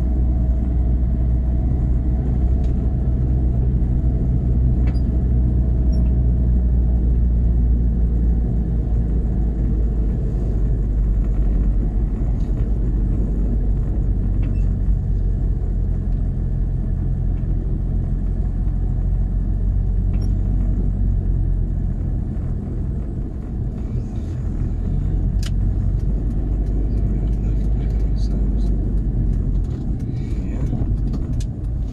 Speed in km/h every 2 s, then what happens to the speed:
26, 26, 26, 24, 23, 21, 19, 19, 18, 18, 18, 16, 18, 18, 18, 16.
0-32 slows to 16.